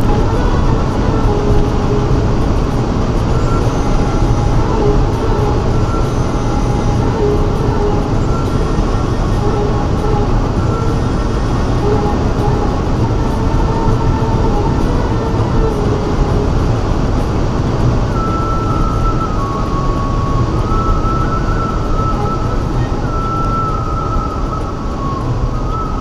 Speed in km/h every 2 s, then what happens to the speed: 201, 201, 198, 197, 196, 195, 196, 196, 193, 188, 181, 167, 161.
0-15 steady at about 196. 15-26 brakes to 161.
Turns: none.